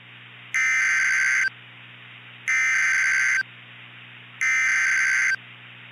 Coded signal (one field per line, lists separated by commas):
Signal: Emergency Alert System (SAME) tones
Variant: header bursts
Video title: "CLINTON" [Tornado EAS Scenario]